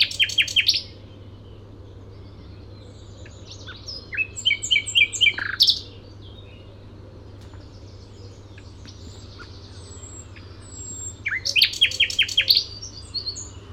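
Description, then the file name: Common nightingale singing in loud bursts of rapid repeated notes, sharp whistles and trills, with pauses between phrases; a steady low hum runs underneath. "Luscinia megarhynchos"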